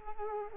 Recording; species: mosquito wingbeat signal from an infrared sensor; Culex pipiens